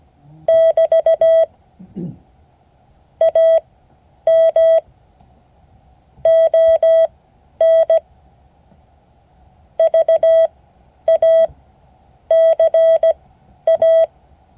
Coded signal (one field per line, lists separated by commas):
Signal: Morse code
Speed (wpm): 17 wpm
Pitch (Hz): 650 Hz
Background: none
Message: <BT> AM ON VACA